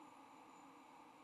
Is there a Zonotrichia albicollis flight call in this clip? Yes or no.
no